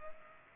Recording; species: mosquito wingbeat signal from an infrared sensor; Culex pipiens